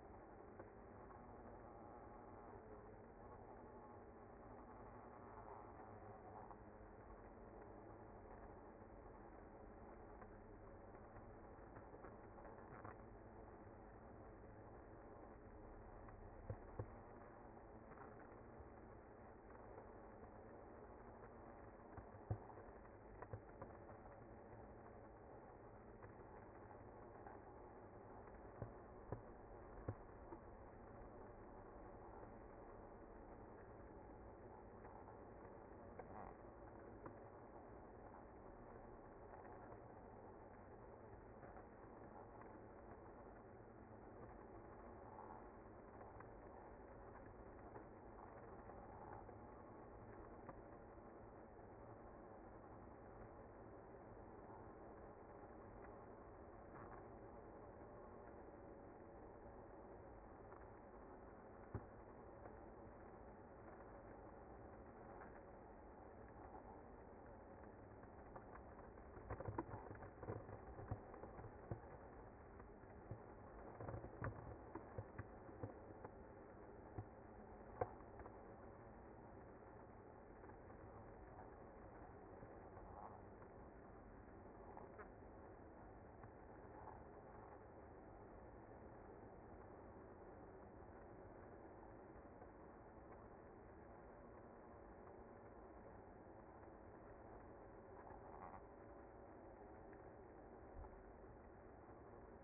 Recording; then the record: honeybee colony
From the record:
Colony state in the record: active